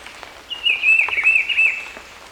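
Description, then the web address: Black-billed peppershrike, a single high buzzy trill held for about a second and a half, fairly level with slight wavering, over quiet background hiss. Recorded in Ecuador. "Birds of Ecuador. Black-Billed Peppershrike"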